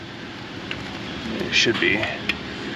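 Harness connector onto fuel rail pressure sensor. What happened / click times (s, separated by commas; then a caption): Handled, not yet home: the connector has not snapped in / none. A plastic harness connector is handled at the fuel rail pressure sensor of an LB7 Duramax engine, ahead of being pushed on until it snaps into place. Someone talks over a steady background hum, with a brief sharp tick near 0.7 s and some handling noise. The clip ends before the part goes home, so nothing has seated or clicked yet.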